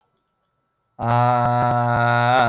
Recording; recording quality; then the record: sustained vowel as in made; excellent, no background noise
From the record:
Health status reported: healthy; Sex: male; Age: 30 years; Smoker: yes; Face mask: not worn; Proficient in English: yes